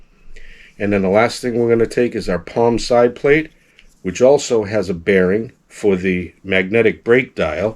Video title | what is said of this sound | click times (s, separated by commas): Gettin' it Dun (S2, Ep. 6) - How to Disassemble and Clean an Abu Garcia Max Z Baitcasting Reel | that'll click right into place as it meshes with the pinion gear inside | 0.4 s